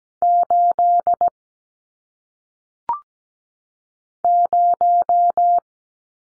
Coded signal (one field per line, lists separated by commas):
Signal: Morse code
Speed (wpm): 17 wpm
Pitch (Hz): 700 Hz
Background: none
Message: 8 0